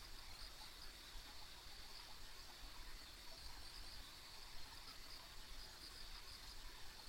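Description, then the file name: Insects producing a steady high-pitched chorus with light pulsing chirps, accompanied throughout by a low rushing, water-like background sound. Ambient insect sounds along a country road. "田舎道の虫の環境音"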